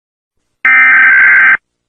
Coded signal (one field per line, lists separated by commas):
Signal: Emergency Alert System (SAME) tones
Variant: header bursts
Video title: Debunking Every American States EAS Alarms (Pt. 2)